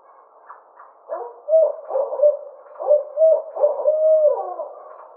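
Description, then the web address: Barred owl hooting: a run of low, throaty hoots rising in strength, some notes held and quavering, ending on a drawn-out descending hoot over a soft hiss. Recorded 24 May 2009. "Barred Owl 2009 05 24"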